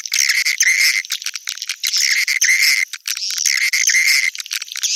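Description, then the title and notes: Swiftlet chirping calls, dense high buzzy twitters in bursts with brief gaps, a steady band of chirps running throughout. Used in swiftlet farming, Asia. "Swiflet Bird Sound. Farming Swiflet Bird asia sound"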